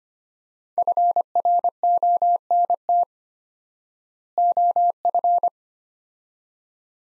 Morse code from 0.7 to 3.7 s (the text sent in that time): FRONT